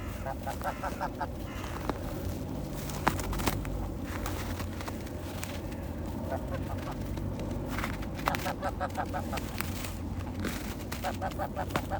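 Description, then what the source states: Goose: flock of geese honking in rapid, overlapping series of nasal notes over a low background rumble. Geese on snow, recorded 16 December.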